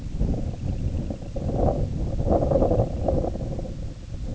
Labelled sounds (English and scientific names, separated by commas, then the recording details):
Semipalmated Sandpiper (Calidris pusilla)
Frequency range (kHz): Semipalmated Sandpiper (Calidris pusilla) 2.1-3.4 kHz
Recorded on Arctic tundra, site IGLO-A, on 20 June 2018
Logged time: 07:59